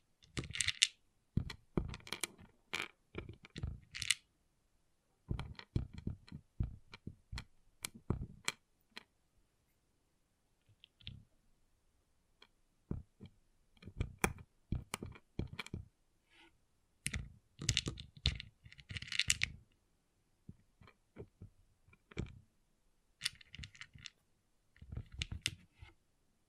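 Small plastic pixel art beads clatter and click in quick bursts, like a handful being poured, sifted or stirred. Dense rattling runs of a second or two alternate with short pauses, including a quieter stretch near the eleven-second mark, and the sound stays bright and crisp throughout.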